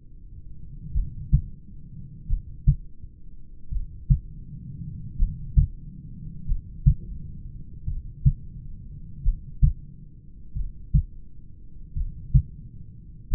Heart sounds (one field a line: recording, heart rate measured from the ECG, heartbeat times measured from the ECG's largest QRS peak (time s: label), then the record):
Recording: heart sounds by stethoscope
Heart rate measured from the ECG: 44 bpm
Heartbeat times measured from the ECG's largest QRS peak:
0.98 s: heartbeat
2.32 s: heartbeat
3.74 s: heartbeat
5.22 s: heartbeat
6.50 s: heartbeat
7.90 s: heartbeat
9.27 s: heartbeat
10.58 s: heartbeat
11.99 s: heartbeat
13.33 s: heartbeat
From the record:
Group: heart failure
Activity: rest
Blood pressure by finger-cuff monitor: 145/66 mmHg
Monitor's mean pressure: 89 mmHg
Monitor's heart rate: 44 bpm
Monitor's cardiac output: 5.6 L/min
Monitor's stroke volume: 129 mL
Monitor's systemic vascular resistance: 1150 dyn s/cm5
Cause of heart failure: familial cardiomyopathy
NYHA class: 1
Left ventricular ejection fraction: 49%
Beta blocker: bisoprolol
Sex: male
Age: 31 years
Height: 194 cm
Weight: 96 kg